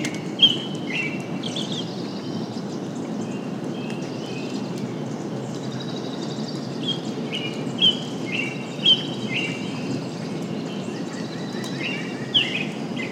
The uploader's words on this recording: Early Morning Rainstorm. It was the tailend of a rainstorm and the wildlife was active. You’ll mostly hear a variety of song birds, the undertones of rolling thunder, and gentle rain blowing through.